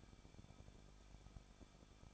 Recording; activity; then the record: daily activity, microphone in the room; no activity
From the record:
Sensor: 5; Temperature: 20.8 degrees Celsius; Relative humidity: 38.2%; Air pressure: 1006.6 hPa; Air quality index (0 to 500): 185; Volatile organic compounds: 17 ppm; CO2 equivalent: 2590 ppm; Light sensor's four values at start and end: 2/3/1/1 and 2/3/1/1